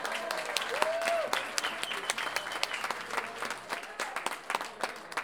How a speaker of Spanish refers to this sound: Le vamos a dar un aplauso cuando yo lo mencione.